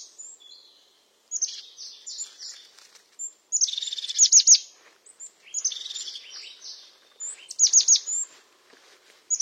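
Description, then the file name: European crested tit singing buzzy, rolling trills mixed with sharp high notes, the phrase repeated a few times. "Canto do chapim de crista"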